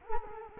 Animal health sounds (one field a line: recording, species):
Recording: mosquito wingbeat signal from an infrared sensor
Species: Culex quinquefasciatus